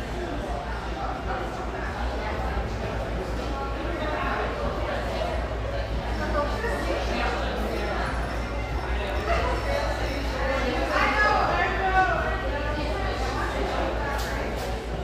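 Background noise of a café: many overlapping voices talking at once in a steady, dense murmur, with a low constant hum underneath. Occasional brighter clinks and clatters of dishes pop out, especially around the middle and toward the end.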